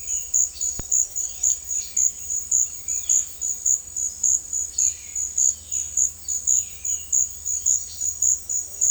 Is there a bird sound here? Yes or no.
yes